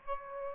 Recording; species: mosquito wingbeat signal from an infrared sensor; Aedes aegypti